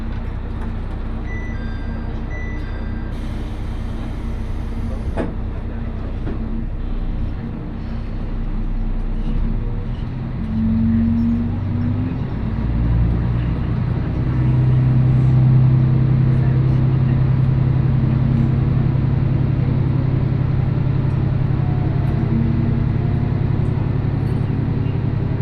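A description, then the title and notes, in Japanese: A ride on the Mizushima Rinkai Railway, with a steady low rumble of the train running throughout. Early on a brief high whine stops around five seconds, then the engine tone rises and holds from about ten seconds as the train gathers speed, growing slightly louder. 水島臨海鉄道 三菱自工前→倉敷市。この路線は貨物輸送も多く、単線から分岐する時の速度制限もきついせいであまりスピードが出せないのがネックかな？という感じでした。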